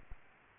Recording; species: mosquito wingbeat signal from an infrared sensor; Aedes albopictus